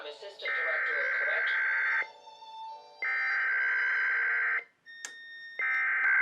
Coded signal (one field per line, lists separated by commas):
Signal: Emergency Alert System (SAME) tones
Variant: header bursts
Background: speech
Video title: IPAWS Open Feed Configuration Weekly Test (KEVN Endec Relays) 5-2-22 (EAS#342-343)